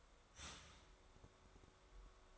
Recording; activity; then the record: daily activity, microphone in the room; start toaster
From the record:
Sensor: 3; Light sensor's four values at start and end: 4/11/4/4 and 4/11/4/4